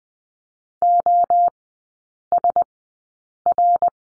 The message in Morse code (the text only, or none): OSR